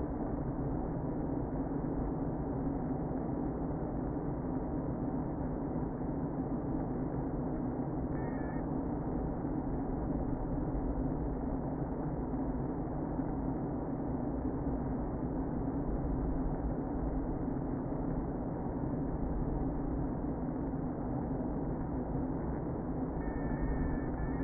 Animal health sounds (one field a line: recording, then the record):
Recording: honeybee colony, microphone inside the hive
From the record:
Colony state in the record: queen present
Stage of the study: before two queens were removed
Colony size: about 60,000 bees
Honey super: yes